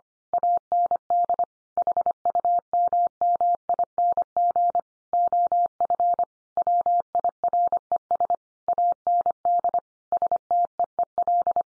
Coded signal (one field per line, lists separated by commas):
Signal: Morse code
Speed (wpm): 25 wpm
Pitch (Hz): 700 Hz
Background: none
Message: AND HUMMING OF WIRES AND STEEL